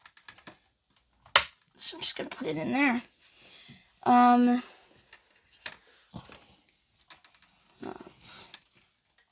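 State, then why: Not seated. Someone talks while working the rear landing gear leg into the hull of a plastic toy starfighter, with soft plastic taps and a sharp knock at 1.4 s. The gear does not lock into place and folds back up easily, so nothing has clicked or locked.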